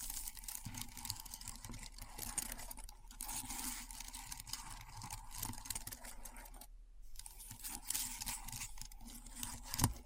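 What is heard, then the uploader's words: Keyboard sounds with dense, rapid clicking and tapping running almost nonstop, bright and crisp. A steady low hum sits underneath throughout. Near the seven-second mark the clicking briefly stops, then resumes, with a sharper knock just before the end. ASMR Keyboard Sounds (No Talking).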